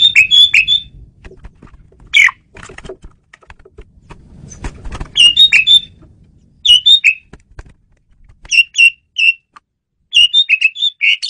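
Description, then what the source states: Asian pied starling calls: clusters of squawky, whistled notes in short bursts of a few notes, repeated at irregular intervals, with faint low rumbling between. Female bird, used as a lure bird.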